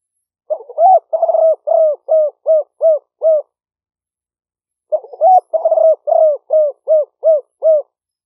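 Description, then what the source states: Spotted dove coo phrases: a burbling start followed by a run of low rounded coos, stopping and repeating almost identically after a silent gap. Vietnamese cooing style called "5 hậu".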